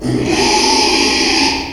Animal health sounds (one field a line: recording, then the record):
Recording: squeal of a Yucatan mini pig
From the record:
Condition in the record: after surgery on the right vocal fold (resection and tissue-engineered implant)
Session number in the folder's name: 2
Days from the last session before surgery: 13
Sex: male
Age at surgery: 12 weeks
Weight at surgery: 13 kg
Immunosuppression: cyclosporine, prednisolone